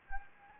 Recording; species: mosquito wingbeat signal from an infrared sensor; Anopheles gambiae